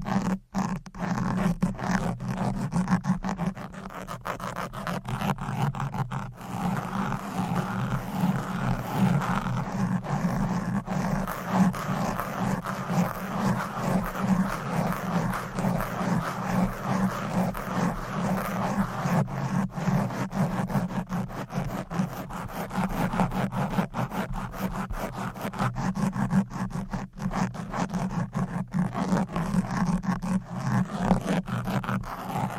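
Fast, aggressive scratching on a microphone fills all 33 seconds as a dense, continuous scraping and rubbing with a strong low rumble. The texture churns in rapid, irregular strokes, like sawing or a zipper, with a few brief dips near 6 and 20 seconds.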